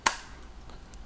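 A Holy Stone HS720G drone flight battery is inserted a second time into the drone's rear battery bay and clicks in at 0.1 s with a sharp, bright snap. Two faint ticks follow near 0.7 s and 0.9 s. The battery is seated and sits solidly in the bay.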